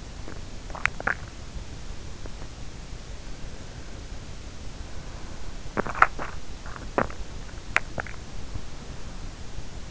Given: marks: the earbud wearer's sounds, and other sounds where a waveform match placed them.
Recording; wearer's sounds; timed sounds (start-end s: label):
sounds in sleep by an in-ear microphone; teeth grinding
0.00-1.91 s: teeth grinding
5.35-8.49 s: teeth grinding